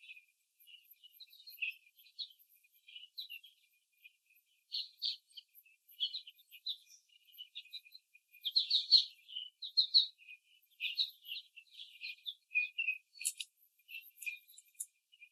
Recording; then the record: young laying hens in a cage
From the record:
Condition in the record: after the stressor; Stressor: simulated dog barking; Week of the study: 3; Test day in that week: 1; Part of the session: 1